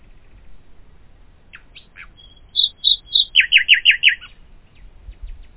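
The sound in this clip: Common nightingale song: a few scattered chips, a short series of pure whistled notes, then a quick, throbbing run of repeated downslurred notes.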